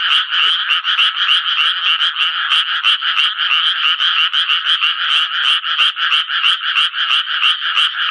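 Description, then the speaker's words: Japanese tree frog giving grating croaks, steadily repeated around three times each second. Frogs begin calling when rain seems about to fall or when it turns cool in the evening; heard from June onward. "雨が降り出しそうなときや夕方になって涼しくなりますと、カエルは鳴き始めるわけですね。"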